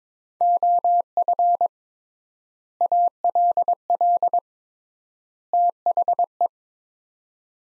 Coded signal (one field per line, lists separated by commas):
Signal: Morse code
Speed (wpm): 22 wpm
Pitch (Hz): 700 Hz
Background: none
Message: OF ALL THE